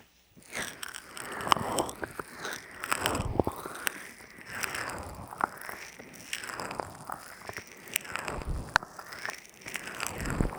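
Ear massage with oil and lotion: wet, squelching rubs swell and fade in slow repeated waves, roughly every second or two. Sharp crackling snaps and crunchy clicks break through throughout, with a few louder pops near 1.5, 5.5 and 9 seconds. No voices.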